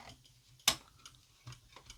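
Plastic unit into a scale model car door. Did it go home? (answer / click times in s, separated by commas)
yes / 0.7 s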